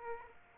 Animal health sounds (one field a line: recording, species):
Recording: mosquito wingbeat signal from an infrared sensor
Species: Aedes aegypti